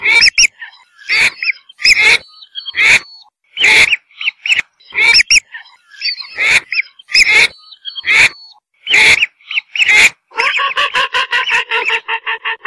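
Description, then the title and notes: Whistling duck giving repeated piercing whistled notes roughly once a second, switching near the end to a rapid, even stream of harmonic notes. "Kicau Burung Belibis"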